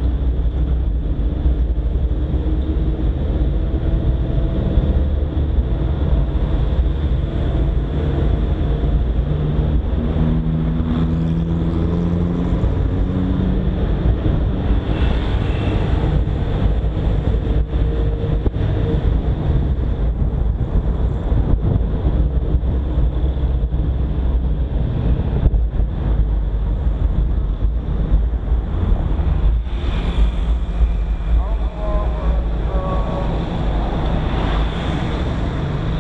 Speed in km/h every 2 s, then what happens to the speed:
24, 24, 26, 28, 30, 31, 33, 36, 38, 38, 38, 36, 32, 28, 21, 14, 9, 5.
0-16 speeds up to 38. 16-21 steady at about 38. 21-36 slows to 5.